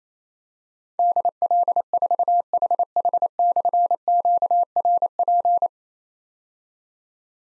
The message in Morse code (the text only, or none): DL4HH/QRP